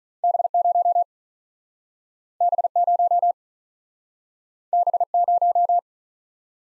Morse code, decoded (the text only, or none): B 0 B 0 B 0